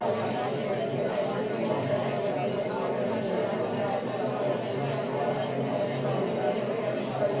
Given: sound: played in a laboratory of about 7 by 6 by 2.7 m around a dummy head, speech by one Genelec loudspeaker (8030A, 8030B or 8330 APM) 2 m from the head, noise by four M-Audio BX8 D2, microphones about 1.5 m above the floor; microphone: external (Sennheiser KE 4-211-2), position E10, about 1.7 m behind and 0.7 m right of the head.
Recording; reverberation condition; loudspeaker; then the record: babble noise; low; four, about 170 cm from the corners of the room and facing them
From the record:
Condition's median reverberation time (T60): about 310 ms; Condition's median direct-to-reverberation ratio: about 3.5 dB